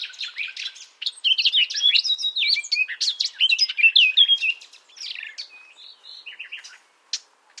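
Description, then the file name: Common nightingale song, loud and varied, with quick chirps, slurred whistles and rattling notes tumbling together, then a few scattered sharper notes near the end. "Luscinia megarhynchos"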